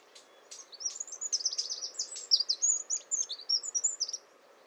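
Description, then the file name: Eurasian wren song: a sustained, very high and fast run of trills and sharp notes lasting about four seconds. "Troglodytes troglodytes"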